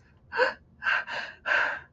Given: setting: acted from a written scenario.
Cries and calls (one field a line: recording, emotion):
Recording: vocal sound without words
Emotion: sadness